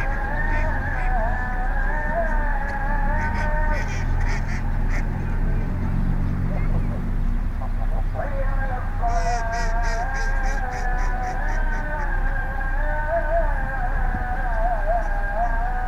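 A call to prayer: a long sustained voice wavering and sliding across its notes without pause. Ducks quack in short bursts near the pond, most clearly around four seconds and again from nine to eleven, over a steady low rumble.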